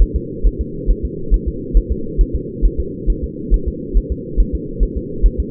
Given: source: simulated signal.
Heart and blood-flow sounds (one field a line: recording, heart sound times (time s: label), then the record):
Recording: fetal heart sounds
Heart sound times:
0.02 s: S1
0.16 s: S2
0.47 s: S1
0.61 s: S2
0.90 s: S1
1.05 s: S2
1.34 s: S1
1.48 s: S2
1.77 s: S1
1.92 s: S2
2.21 s: S1
2.35 s: S2
2.65 s: S1
2.80 s: S2
3.10 s: S1
3.24 s: S2
3.54 s: S1
3.68 s: S2
3.97 s: S1
4.12 s: S2
4.40 s: S1
4.55 s: S2
4.83 s: S1
4.97 s: S2
5.26 s: S1
5.40 s: S2
From the record:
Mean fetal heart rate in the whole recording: 135 bpm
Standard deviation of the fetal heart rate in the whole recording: 3 bpm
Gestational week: 36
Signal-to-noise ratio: -4.3 dB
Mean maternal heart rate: 72 bpm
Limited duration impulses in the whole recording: absent